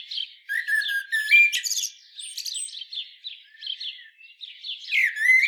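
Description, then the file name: Common blackbird giving bursts of scratchy twittering phrases and thin squeaks over several seconds. "Turdus merula"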